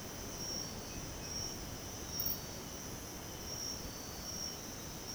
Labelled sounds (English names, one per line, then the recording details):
none
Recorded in dense forest near Puerto Asís, Putumayo, Colombia, on 13 March 2025 at 05:30
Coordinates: 0.486, -76.317
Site G053